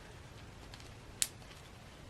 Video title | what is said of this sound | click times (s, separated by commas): Neca TMNT Capture of Splinter Shredder Foot Soldier SDCC 4 Pack Action Figure Review & Comparison | As you can see, it sort of clicks into place, looks really good, comes off with ease as well. | 1.2 s